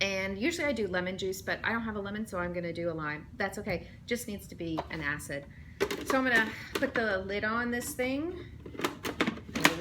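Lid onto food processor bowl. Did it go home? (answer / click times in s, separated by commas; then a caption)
yes / 9.6 s. Someone talks, then a plastic lid is put onto a food processor bowl and turned, making a quick run of short plastic knocks near the end. The loudest, sharpest hit at 9.7 s is the lid clicking into place and locking onto the bowl.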